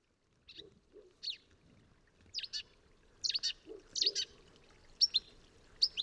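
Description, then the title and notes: Marsh Warbler song, varied chattering and sharp notes in quick bursts. Males singing at night to attract a female, just after arrival; 28 May 2020, 3:38 am, moonlit, in a small willow in a meadow, Vercors, at southern range limit; Nagra Seven, MKH40. "LA VACHE ET LA VERDEROLLE. 28 mai 2020-Vercors - Nagra seven - mkh40. Rousserolles verderolles (Acrocephalus palustris)"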